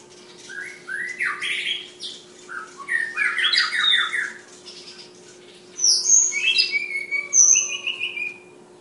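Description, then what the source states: Flowerpecker song: buzzy jumbled chatter in quick bursts, then clear very high whistles and drawn-out slurred notes, with a steady background hum. Tledekan named Ababil, from Kudus, singing in sulingan (flute-like) style.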